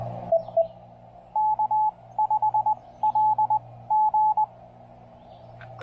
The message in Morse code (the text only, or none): K5LG